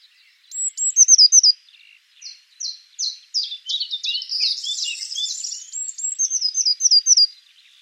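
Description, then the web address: Eurasian blue tit giving high hooked notes that run into rapid trills, with a dense buzzy churring burst in the middle of the series. "cianscape birddata Deverinetal 2025 File origin Bird Only Cy Ca"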